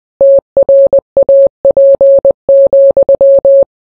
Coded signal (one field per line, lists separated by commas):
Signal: Morse code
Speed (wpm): 20 wpm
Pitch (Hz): 550 Hz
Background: none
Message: TRAP,